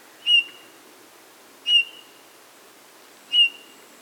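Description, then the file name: Eurasian bullfinch giving soft, piping whistled calls, each a short level note with a brief tail, repeated three times about every one and a half seconds. "Pyrrhula pyrrhula"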